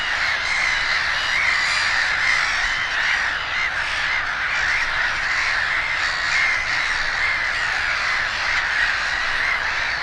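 Black-headed gulls in a noisy crowd, harsh squealing calls overlapping constantly into a thick, even roar of sound throughout.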